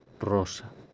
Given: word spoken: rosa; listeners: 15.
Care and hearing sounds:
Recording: one Spanish word in noise, from a listening test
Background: noise modulated by three-talker babble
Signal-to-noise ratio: 23.4 dB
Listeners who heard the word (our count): 4 of 15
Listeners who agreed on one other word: 11 of 15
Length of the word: 0.54 s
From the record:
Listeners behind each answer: 11, 4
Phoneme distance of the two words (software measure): 17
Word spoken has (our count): 2 syllables, 4 phonemes, stress on syllable 1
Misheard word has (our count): 2 syllables, 5 phonemes, stress on syllable 1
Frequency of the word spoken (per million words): 92.94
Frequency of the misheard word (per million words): 10.51

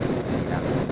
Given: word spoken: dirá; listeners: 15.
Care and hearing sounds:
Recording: one Spanish word in noise, from a listening test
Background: noise modulated by three-talker babble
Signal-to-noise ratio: -7.9 dB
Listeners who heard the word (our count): 0 of 15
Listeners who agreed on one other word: 6 of 15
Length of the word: 0.52 s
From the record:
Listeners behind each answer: 6, 2, 1, 1, 1, 1, 1, 1, 1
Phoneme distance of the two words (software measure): 17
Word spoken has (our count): 2 syllables, 4 phonemes, stress on syllable 2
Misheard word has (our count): 2 syllables, 5 phonemes, stress on syllable 2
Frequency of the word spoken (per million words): 13.67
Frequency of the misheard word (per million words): 49.50

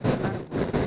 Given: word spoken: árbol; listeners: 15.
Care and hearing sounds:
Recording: one Spanish word in noise, from a listening test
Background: noise modulated by one talker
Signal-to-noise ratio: -10.3 dB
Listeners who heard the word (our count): 0 of 15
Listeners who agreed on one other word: 6 of 15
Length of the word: 0.47 s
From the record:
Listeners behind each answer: 6, 3, 1, 1, 1, 1, 1, 1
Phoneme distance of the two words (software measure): 24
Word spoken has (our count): 2 syllables, 5 phonemes, stress on syllable 1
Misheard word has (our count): 2 syllables, 5 phonemes, stress on syllable 1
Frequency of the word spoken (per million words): 38.12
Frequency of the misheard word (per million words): 244.59

